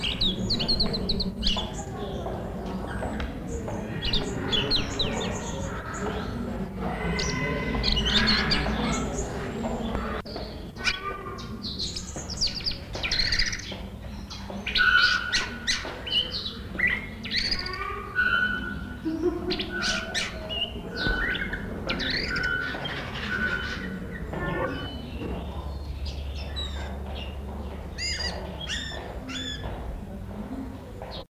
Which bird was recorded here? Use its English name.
Orange-headed Thrush